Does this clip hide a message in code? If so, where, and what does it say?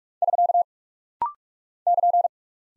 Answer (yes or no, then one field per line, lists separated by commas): yes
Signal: Morse code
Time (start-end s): 0.2-2.3 s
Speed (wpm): 46 wpm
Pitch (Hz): 700 Hz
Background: none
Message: <SK> <KN>